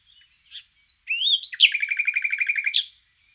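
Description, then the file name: Common nightingale song phrase: soft opening notes, a rising whistle, then a fast rattling trill of repeated notes lasting over a second. "Luscinia megarhynchos"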